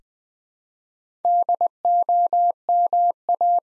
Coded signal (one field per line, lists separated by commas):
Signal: Morse code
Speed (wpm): 20 wpm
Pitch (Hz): 700 Hz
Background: none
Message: DOMA